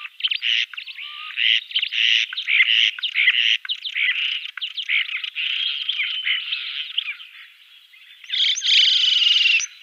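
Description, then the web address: Common starling song as dense, scratchy chatter of clicks and rattles, running almost without pause, ending in a louder buzzy burst. "Schulze Peter European Starling song"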